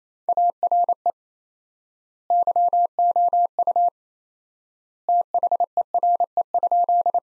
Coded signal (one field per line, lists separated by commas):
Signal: Morse code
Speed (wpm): 28 wpm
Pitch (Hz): 700 Hz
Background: none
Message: ARE YOU THERE?